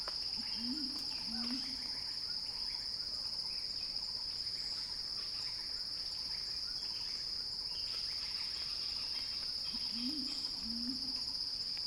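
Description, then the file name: Cicada song, a relentless shrill buzz with a thinner higher band; a low paired call sounds at the start and again about nine seconds later. Cicada song building in a crescendo, recorded by Axel Drioli for Earth.fm. "earth-fm Axel-Drioli Cicada-Crescendo-Sounding-Wild"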